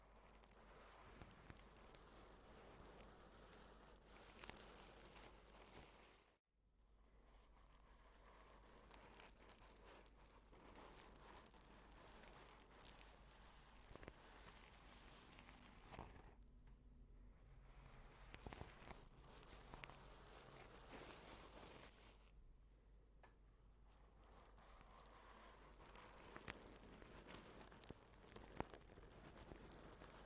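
Soft plastic wrap crinkles and rustles almost continuously, with brief quieter gaps near six, sixteen and twenty-two seconds and occasional sharper crackles.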